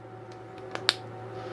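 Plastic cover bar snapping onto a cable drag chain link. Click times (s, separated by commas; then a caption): 0.9 s. A plastic cover bar on a cable drag chain link of a Longer Ray 5 laser expansion is pressed closed over a low steady hum, with a faint tick at 0.8 s. It gives one sharp snap at 0.9 s, showing the cover is fully closed and seated.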